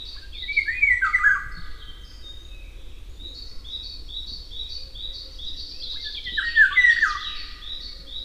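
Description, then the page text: Eurasian golden oriole delivering a fluty, yodelling whistle that drops in pitch, repeated once more after a pause, with busy high chirps from other birds in the background. "Jarek Matusiak - Обыкновенная иволга (Oriolus oriolus)"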